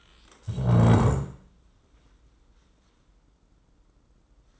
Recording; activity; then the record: daily activity, microphone in the room; stand up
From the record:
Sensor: 3